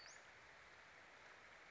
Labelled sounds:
Western Flycatcher (Empidonax difficilis)
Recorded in Sonoma County, California

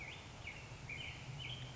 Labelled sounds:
Black-headed Grosbeak (Pheucticus melanocephalus)
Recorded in Sonoma County, California

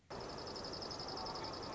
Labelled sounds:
Dark-eyed Junco (Junco hyemalis)
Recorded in Sonoma County, California

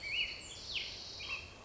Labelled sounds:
Black-headed Grosbeak (Pheucticus melanocephalus)
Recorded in Sonoma County, California

